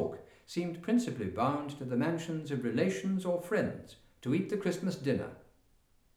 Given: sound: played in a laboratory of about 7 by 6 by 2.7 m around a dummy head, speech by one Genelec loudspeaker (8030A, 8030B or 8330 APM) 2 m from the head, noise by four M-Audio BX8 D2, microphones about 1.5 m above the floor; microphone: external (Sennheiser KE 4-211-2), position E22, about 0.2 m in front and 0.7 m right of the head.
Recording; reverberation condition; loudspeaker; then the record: male speech in English; medium; 60 degrees to the right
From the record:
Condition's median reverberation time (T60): about 510 ms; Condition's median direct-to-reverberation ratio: about -0.5 dB